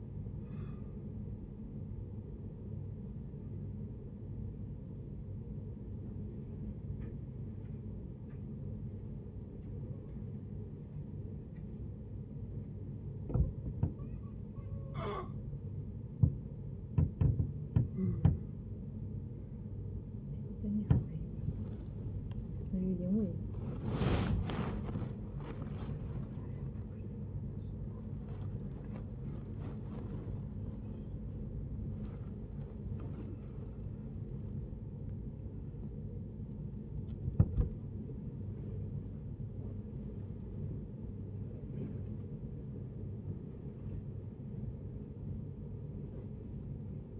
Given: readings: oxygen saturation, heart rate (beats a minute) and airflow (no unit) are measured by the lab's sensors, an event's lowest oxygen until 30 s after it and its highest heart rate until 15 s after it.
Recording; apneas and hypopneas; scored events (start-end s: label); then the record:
a person awake in a sleep study, by a smartphone at the bedside; 1
3.00-18.60 s: hypopnea (N1, oxygen 92% highest, then 91% lowest, heart rate 81 at the start, 81 highest)
20.00-47.20 s: new sleep stage, awake
21.00-47.20 s: awake
From the record:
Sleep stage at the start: N1 (lightest sleep); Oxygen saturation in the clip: 85 to 97%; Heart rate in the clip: 43 to 90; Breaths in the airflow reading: 9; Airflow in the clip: -11.4 to 14.2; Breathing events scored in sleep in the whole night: 496 in 5.4 hours asleep